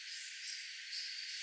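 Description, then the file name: Pygmy marmoset giving a thin, very high, sustained whistled call lasting about half a second, pulsing slightly, over a faint hiss. "Cebuella pygmaea"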